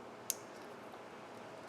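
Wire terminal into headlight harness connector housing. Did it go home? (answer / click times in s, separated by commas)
yes / 0.3 s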